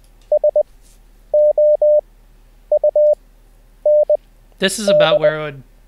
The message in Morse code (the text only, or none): SOUND